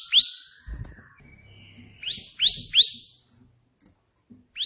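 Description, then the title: Prinia calls: a few sharp upswept high notes spaced irregularly, with a faint thin tone between and some low background noise. Three 'tembakan' song variations of the white prenjak, suitable as tutoring audio for pet prinias. "3 VARIASI TEMBAKAN prenjak putih"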